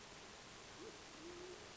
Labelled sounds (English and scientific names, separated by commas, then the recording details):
Band-tailed Pigeon (Patagioenas fasciata)
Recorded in Sonoma County, California